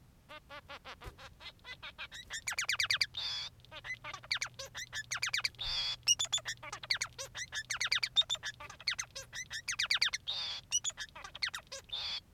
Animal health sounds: song of a male Bengalese finch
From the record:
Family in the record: son of father 3

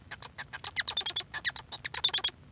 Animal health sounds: song of a male Bengalese finch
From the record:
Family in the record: son of father 1

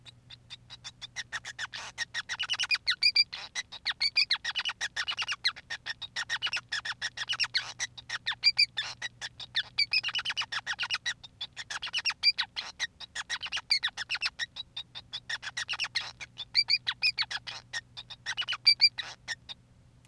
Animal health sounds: song of a male Bengalese finch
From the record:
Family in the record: son of father 5

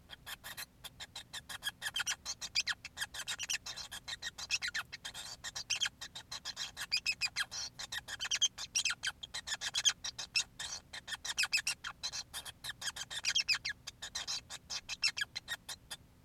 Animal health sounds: song of a male Bengalese finch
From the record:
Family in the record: son of father 5

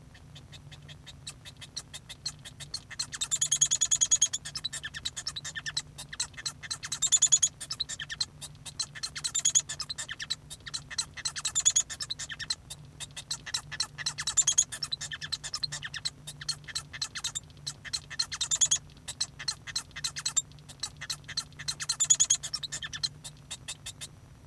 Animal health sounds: song of a male Bengalese finch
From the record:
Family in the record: son of father 1

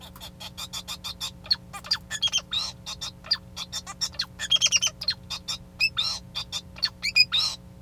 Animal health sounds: song of a male Bengalese finch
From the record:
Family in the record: son of father 2

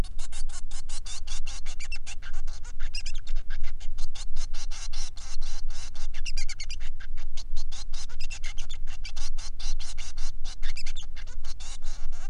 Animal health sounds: song of a male Bengalese finch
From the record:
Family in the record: son of father 3

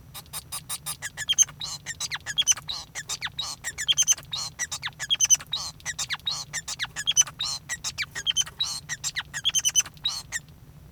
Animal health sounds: song of a male Bengalese finch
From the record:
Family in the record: son of father 5

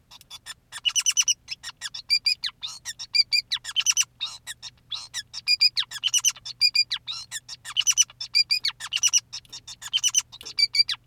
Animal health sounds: song of a male Bengalese finch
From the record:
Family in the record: son of father 2, and himself father 5

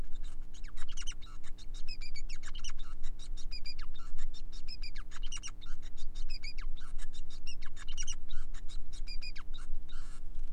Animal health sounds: song of a male Bengalese finch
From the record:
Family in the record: son of father 5

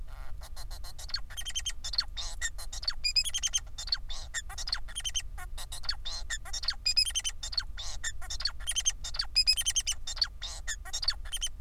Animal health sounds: song of a male Bengalese finch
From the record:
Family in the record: son of father 4

